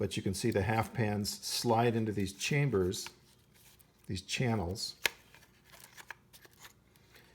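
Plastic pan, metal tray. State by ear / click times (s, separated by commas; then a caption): seated / 6.1 s. A plastic watercolor half pan is slid into a channel of a metal travel palette box while someone talks. After the talking stops, soft scraping and small ticks follow, and a sharp snap at 6.1 s marks the half pan seating and locking in place.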